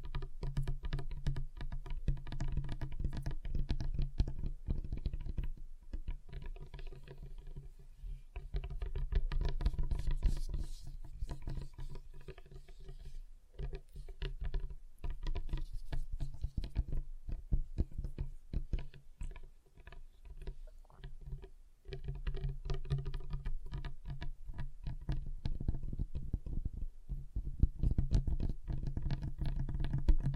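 Fingers tap on a table in rapid, uneven bursts, the clicks crowding together almost without pause for the full half minute. A steady low hum runs underneath. Short lulls come near 8, 13 and 22 seconds before the patter picks up again.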